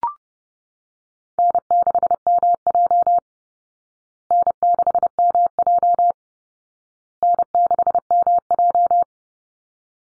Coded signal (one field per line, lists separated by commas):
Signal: Morse code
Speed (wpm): 30 wpm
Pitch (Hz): 700 Hz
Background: none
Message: N6MJ N6MJ N6MJ